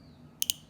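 A wire terminal is pushed into the plastic headlight connector housing while retrofitting a 2021 Toyota 4Runner LED headlight onto a 2014–2020 4Runner. Two sharp clicks sound at 0.4 s and 0.5 s as it locks in. Both terminals are fully engaged.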